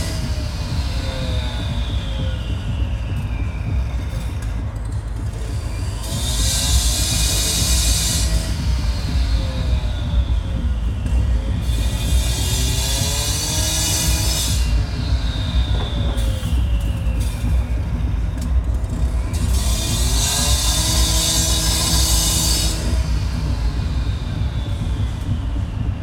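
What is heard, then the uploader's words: Street noise heard from a window: a constant low rumble of traffic and rail runs throughout. Bright hissing bursts swell up around 6, 12 and 20 seconds, with rising and falling whines and squeals like a train or tram passing. Frank Zappa Straße Marzahn-Berlin-DDR - the view from my window. Audio-technica. Recorded my window this morning. I didn't add any sound.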